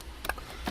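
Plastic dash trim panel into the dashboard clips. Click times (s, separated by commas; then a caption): 0.3 s. A plastic dash trim panel on a 2010 SRX, with its corner piece on the outside, is pressed into the dashboard clips during an AC blower fan replacement. A faint tick comes at 0.2 s, then a sharp click at 0.3 s, followed by a softer knock near 0.7 s. The panel snaps into place and is seated.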